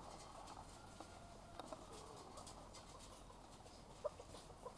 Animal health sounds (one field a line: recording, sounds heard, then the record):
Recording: poultry house recording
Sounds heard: sick chickens (respiratory disease)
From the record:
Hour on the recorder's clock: 21